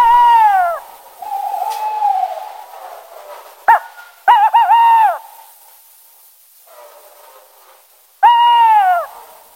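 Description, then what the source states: Tawny owl calls: loud, harmonic, wavering wails falling in pitch at the end, heard several times at irregular intervals with fainter drawn-out tones between them. Song, played back on the radio; a common species, not considered threatened.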